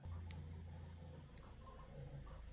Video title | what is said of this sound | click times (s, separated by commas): Installing Dapper Lighting 575 Headlights In My BMW E30! (Angel Eye Halos, Switchbacks, LEDs) | heard the little click that one's good to go | 0.3 s